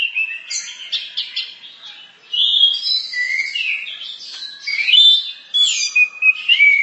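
Bird singing a lively, nearly continuous stream of sharp chirps, whistled slurs and rapid trills.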